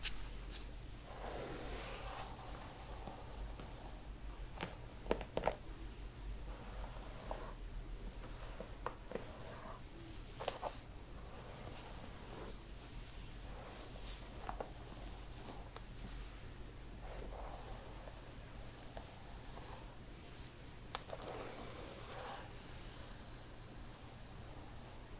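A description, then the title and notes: Hair being brushed and handled, with soft swishing strokes that come in irregular bursts every few seconds. Occasional sharp clicks or snaps stand out around five and ten seconds, over a steady low hum that runs throughout. Hair brushing, hair play, hair styling.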